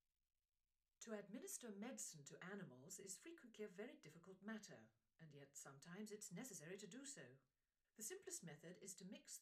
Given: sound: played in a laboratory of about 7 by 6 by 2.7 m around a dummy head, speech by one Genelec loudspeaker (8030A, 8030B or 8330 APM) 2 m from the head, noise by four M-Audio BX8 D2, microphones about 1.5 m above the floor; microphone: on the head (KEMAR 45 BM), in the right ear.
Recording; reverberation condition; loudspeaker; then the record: female speech in English; low; 120 degrees to the right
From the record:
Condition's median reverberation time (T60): about 310 ms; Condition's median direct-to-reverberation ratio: about 3.5 dB